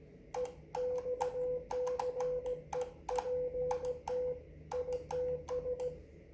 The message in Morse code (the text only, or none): EXCEPT ITS